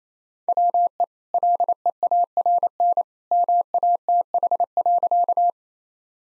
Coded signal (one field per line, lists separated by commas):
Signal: Morse code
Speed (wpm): 28 wpm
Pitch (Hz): 700 Hz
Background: none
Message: WE LEARN MATH.